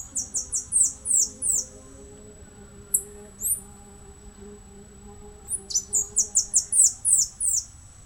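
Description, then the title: Saffron-billed Sparrow calling in rapid bursts of high, thin, sliding notes, one series at the start and another near the end, with a low hum underneath. "LuckyPassaro Completos2Sama. Saffron-billed Sparrow (Arremon flavirostris)"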